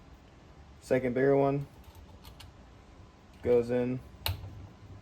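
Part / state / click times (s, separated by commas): wastegate spring into wastegate housing spring seat / seated / 4.3 s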